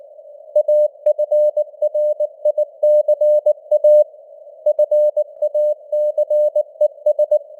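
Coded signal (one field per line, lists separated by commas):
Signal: Morse code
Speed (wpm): 19 wpm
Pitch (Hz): 600 Hz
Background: none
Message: AFRICA FACES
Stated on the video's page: Morse news headlines at 19 wpm with simulated radio noise and varying signal strength (QSB).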